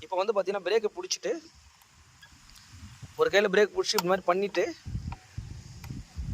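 A scooter's parking brake lock catch on the brake lever is handled while the rear brake lever is squeezed, but it has not latched yet. Someone talks, then a few faint handling taps and low rustling follow. Nothing has seated or clicked yet.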